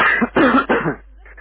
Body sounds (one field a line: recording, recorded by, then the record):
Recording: voluntary cough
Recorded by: telephone call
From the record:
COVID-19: positive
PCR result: self-reported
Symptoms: no